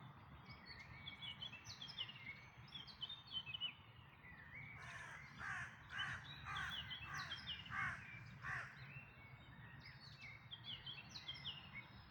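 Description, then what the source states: Birds in a dawn chorus: a series of harsh caws in the middle, set against continuous high twittering and whistled song from other birds, over a low rumble. Dawn chorus, May 2026.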